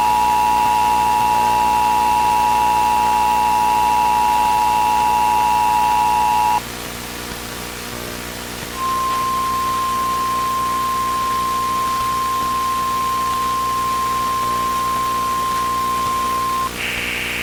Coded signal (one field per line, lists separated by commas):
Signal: Emergency Alert System (SAME) tones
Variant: 853 and 960 Hz attention tone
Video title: (EAS MOCK) The Life-Saving Hijack